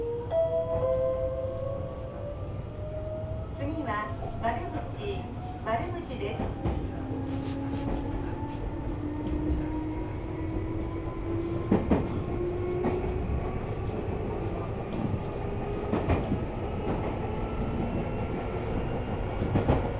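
A ride on the Meitetsu Bisai Line train: a steady low rumble runs throughout while the motor whine climbs slowly in pitch as the train gathers speed. Sharp clacks from the rail joints come every few seconds, around 4, 7, 12, 16 and 19 seconds.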